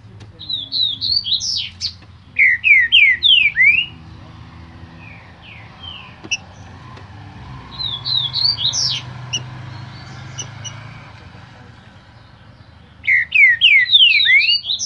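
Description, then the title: Green-winged saltator song: bursts of loud, rich whistled notes sliding down and up, given in several separate phrases with quiet gaps and a low background hum. Singing trinca-ferro ('cantador') of breeder Cléber; recording labelled 'Voz 07'. "Canto De Trinca Ferro Voz 07. TRINCA FERRO CANTADOR CRIADOR CLÉBER"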